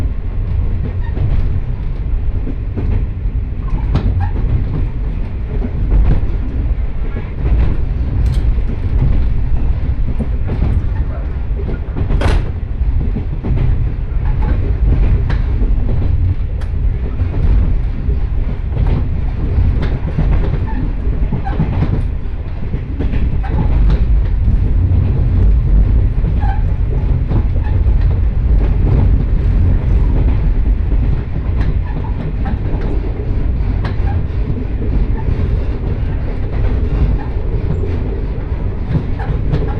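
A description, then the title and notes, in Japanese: A two-car diesel railcar runs along at an easy pace, its deep engine rumble steady for the whole stretch. Wheels tick and clack over rail joints at irregular intervals, with a sharper knock around twelve seconds. 耳で楽しむ鉄道旅 城端線 油田→城端。城端線の終点城端駅は山がすぐ近くまで迫ってきており、その先には五箇山が控えているいわゆる行き止まりらしさが残る駅です。昔ながらの塗装の気動車が2両のんびりと走っていきます。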